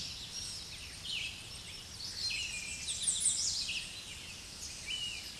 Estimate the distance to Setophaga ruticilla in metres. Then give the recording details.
about 25 m. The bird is about 15 m above the microphone. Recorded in a Pennsylvania forest on 16 May 2024 at 07:46. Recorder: AudioMoth, point MSD-2478. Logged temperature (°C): 15.6 °C. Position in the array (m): 59 m, 212 m